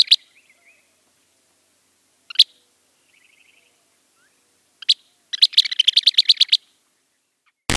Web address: Western Kingbird